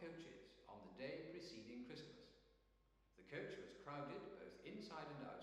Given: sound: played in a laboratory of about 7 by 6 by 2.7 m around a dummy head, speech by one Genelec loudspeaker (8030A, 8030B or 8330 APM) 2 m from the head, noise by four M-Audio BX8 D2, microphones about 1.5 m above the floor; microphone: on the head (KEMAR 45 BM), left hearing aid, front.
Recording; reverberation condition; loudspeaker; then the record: male speech in English; high; 90 degrees to the left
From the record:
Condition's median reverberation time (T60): about 1300 ms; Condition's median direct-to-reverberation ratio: about -4.0 dB